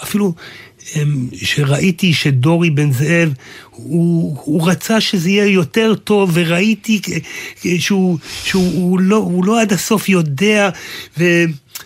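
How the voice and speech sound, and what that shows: An adult man speaks halting Hebrew with repeated words, fillers and searching pauses, fitting the word-finding difficulty of aphasia after a stroke.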